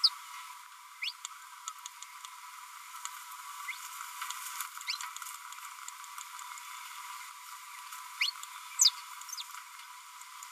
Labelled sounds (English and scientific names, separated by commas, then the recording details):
Green-rumped Parrotlet (Forpus passerinus) babbling
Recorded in a nest box in Venezuela
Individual 18B25A3